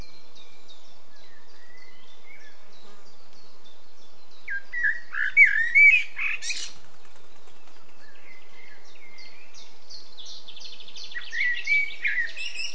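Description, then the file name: Common blackbird warbling in two brief fluty phrases, one near the middle and one near the end. "Turdus merula"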